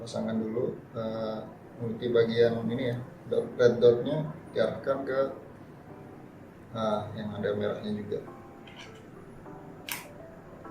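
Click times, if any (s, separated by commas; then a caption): 9.9 s. A man talks while the push-pull connector of a Leeb impact-device probe cable, its red dot aligned to the red mark on the socket, is pushed into the socket of a Novotest T-UD3 metal hardness tester. A sharp click at 9.9 s marks the connector latching, and it is confirmed seated.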